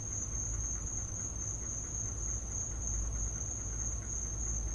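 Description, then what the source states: A high, even cricket trill runs the whole time, with low rumbling noise underneath. Crickets in the recordist's back yard; field recording.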